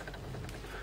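A Nintendo DS Lite's ribbon cable is pushed by hand into its connector on the console's mainboard, which can look seated before it actually is, against a steady low background hum. Short, sharp clicks sound at about 0.1 s and 0.5 s as the cable clicks into place and is seated. It has to be fully in, or the machine will not have power and the screen that is not plugged in properly will be switched off.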